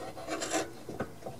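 A mower deck linkage part on a Poulan Pro lawn tractor is moved over toward where it belongs in its mount on the mower deck, producing rasping, rubbing and scraping sounds with a brief sharp tap at 1.0 s. The part is only handled and not yet home; nothing has seated or clicked into place yet.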